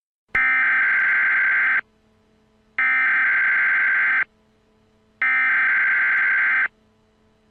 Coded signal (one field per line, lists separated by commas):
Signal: Emergency Alert System (SAME) tones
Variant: header bursts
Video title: Mandela EAS Scenario | Alternate Universe REMASTERED